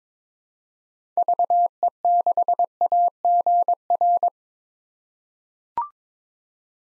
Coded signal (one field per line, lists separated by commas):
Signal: Morse code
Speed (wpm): 22 wpm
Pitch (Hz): 700 Hz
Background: none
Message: VE6AGR